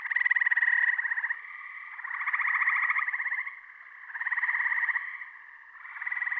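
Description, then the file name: Gray treefrog giving pulsed, musical trills about a second or two long, one after another with little pause, swelling and fading in loudness. "dan gibsons solitudes gray tree frog"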